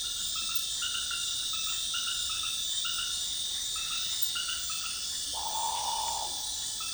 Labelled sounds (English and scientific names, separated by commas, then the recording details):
Great Potoo (Nyctibius grandis)
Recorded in dense forest near Puerto Asís, Putumayo, Colombia, on 21 February 2024 at 21:00
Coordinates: 0.502, -76.324
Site G6370